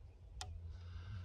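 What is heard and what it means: An arrow's plastic nock is pressed onto the string of a Sanlida Dragon 8 compound bow and snaps into place with a single sharp click at 0.4 s over a low background hum. The nock is fully seated, which matters because it is dangerous to shoot if it does not snap all the way in.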